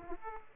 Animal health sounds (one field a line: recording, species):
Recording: mosquito wingbeat signal from an infrared sensor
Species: Aedes aegypti